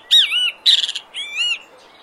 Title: O CANTO DO BEM TE VI NA NATUREZA Aves Do Brasil